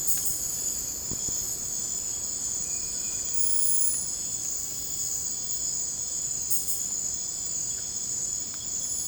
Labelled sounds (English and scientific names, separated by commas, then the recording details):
none
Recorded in dense forest near Puerto Asís, Putumayo, Colombia, on 26 December 2024 at 02:30
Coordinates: 0.481, -76.323
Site G100